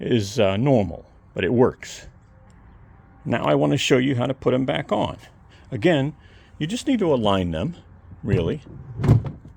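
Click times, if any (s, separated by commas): 9.0 s, 9.3 s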